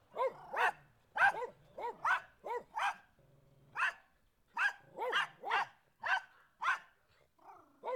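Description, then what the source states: Dog barking in repeated bursts, often doubled barks in quick succession, with short pauses between runs and a lower sound at one point. Several dogs barking.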